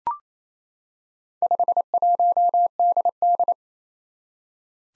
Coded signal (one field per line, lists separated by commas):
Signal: Morse code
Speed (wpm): 28 wpm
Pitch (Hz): 700 Hz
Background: none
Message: 51DD